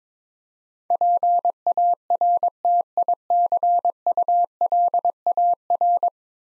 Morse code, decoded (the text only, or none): PARTICULAR